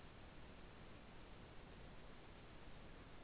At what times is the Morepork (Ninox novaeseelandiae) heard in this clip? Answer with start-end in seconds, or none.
none